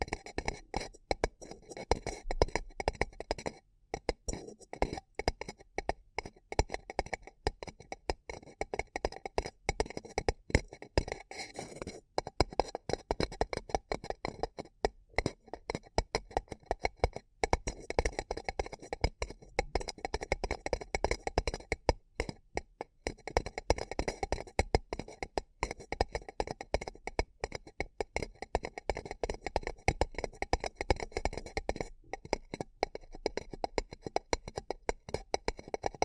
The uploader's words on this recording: ASMR Deeply Relaxing Paper Cup Tingles 1 Hr (No Talking).